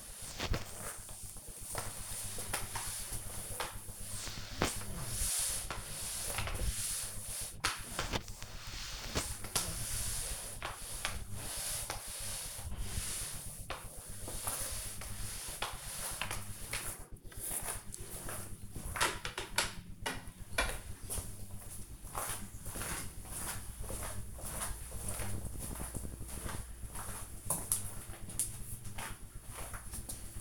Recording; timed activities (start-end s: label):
household activities, microphone on the right wrist
0.00-16.99 s: floor cleaning